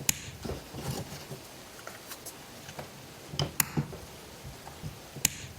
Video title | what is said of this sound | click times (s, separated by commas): 3D Printing iPhone Camera Accessories | These just snap into place, and then there's a little bit of friction here so that they stay in whatever position you leave them in. | 0.1 s, 3.6 s, 5.2 s